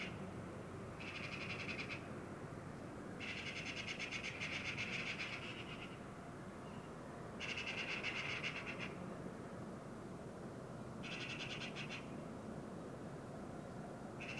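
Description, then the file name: Eurasian magpie chatter: grating machine-gun rattles in five bursts, one running nearly three seconds, with a continuous low rumble behind. "Pica pica"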